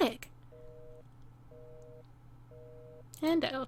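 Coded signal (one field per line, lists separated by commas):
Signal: telephone call progress tone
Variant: North America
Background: speech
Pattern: busy tone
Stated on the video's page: Telephone tone from the horror visual novel game The Letter, demo.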